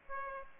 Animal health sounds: mosquito wingbeat signal from an infrared sensor; Aedes aegypti

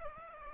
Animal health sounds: mosquito wingbeat signal from an infrared sensor; Aedes aegypti

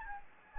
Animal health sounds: mosquito wingbeat signal from an infrared sensor; Anopheles gambiae

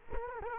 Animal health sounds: mosquito wingbeat signal from an infrared sensor; Culex quinquefasciatus

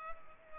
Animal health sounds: mosquito wingbeat signal from an infrared sensor; Culex pipiens

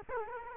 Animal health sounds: mosquito wingbeat signal from an infrared sensor; Culex quinquefasciatus

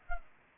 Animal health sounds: mosquito wingbeat signal from an infrared sensor; Culex pipiens

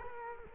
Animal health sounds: mosquito wingbeat signal from an infrared sensor; Culex quinquefasciatus

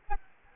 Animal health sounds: mosquito wingbeat signal from an infrared sensor; Aedes albopictus

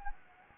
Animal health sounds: mosquito wingbeat signal from an infrared sensor; Anopheles gambiae

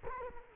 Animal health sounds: mosquito wingbeat signal from an infrared sensor; Culex quinquefasciatus

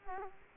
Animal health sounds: mosquito wingbeat signal from an infrared sensor; Culex quinquefasciatus

